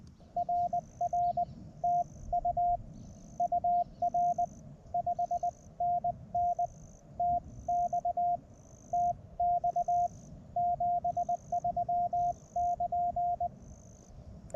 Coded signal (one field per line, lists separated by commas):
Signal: Morse code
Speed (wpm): 20 wpm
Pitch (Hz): 700 Hz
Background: none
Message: RR TU UR 5NN TX TX 73<KN>